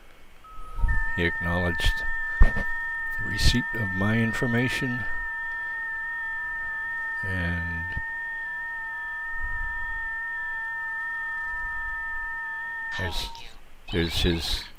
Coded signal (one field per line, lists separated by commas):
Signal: FT8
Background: speech